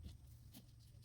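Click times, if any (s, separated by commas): none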